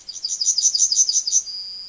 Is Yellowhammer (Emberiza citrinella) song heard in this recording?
yes